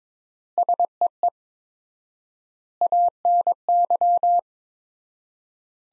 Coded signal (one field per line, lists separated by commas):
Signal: Morse code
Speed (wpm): 22 wpm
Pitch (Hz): 700 Hz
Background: none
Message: SEE ANY